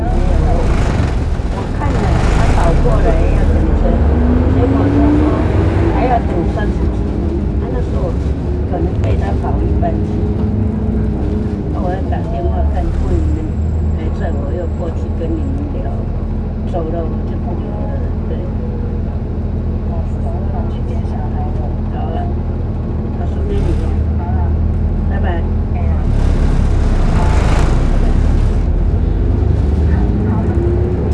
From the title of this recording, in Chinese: 公車